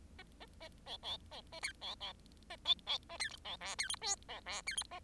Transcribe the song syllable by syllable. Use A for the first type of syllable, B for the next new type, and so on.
A A A B B A C B B A D D A C B E C F G B E C F A